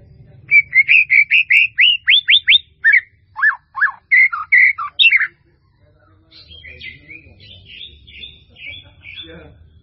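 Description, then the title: White-rumped Shama song of quick repeated rising whistles, then lower slurred notes and a burst of loud phrases, followed by softer thin notes over a low hum. "murai batu"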